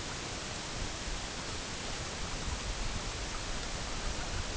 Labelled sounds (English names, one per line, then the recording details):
none
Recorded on Arctic tundra, site EABA-MC, on 22 June 2019
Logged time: 08:00